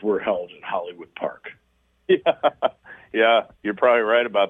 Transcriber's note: laughs